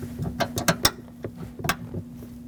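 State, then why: Seated. A new trunk lid support piston on a 2005-2016 Lexus IS250 has its lower end slid over the body-side bracket. A few short clicks and knocks lead to a sharp lock-in click at 0.9 s, followed by a lighter knock at 1.7 s. The support is seated and won't slide out.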